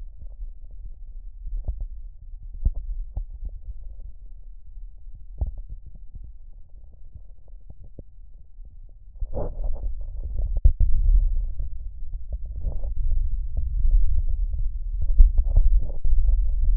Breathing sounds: lung sounds by stethoscope; right posterior basal chest; quiet breathing, then deep breathing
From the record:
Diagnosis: COPD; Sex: male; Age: 70 years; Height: 163 cm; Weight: 64.6 kg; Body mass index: 24.3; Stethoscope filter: extended mode

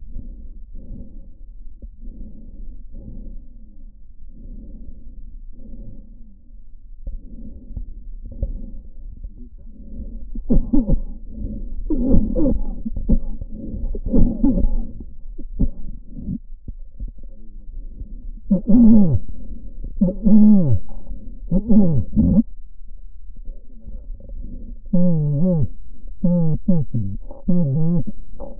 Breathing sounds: lung sounds by stethoscope; right posterior apical chest; quiet breathing, then cough and speech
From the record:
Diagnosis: COPD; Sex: male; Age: 75 years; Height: 182 cm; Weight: 98 kg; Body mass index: 29.6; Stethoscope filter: diaphragm mode

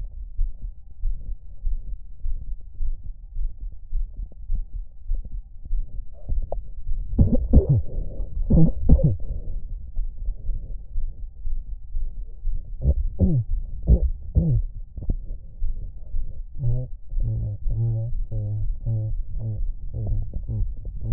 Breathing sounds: lung sounds by stethoscope; left anterior apical chest; quiet breathing, then cough and speech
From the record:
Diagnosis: none (healthy); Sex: male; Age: 30 years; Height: 190 cm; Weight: 88 kg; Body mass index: 24.4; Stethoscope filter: extended mode

